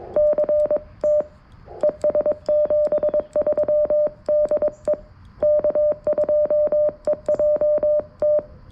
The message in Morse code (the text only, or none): CT ES 73 DE K2EJT